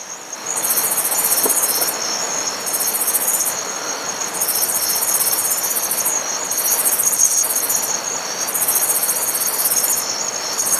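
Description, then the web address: Grasshopper song: very high, dry buzzy bursts about a second or longer, repeated with short gaps, over a steady high insect hiss. "Heuschrecke"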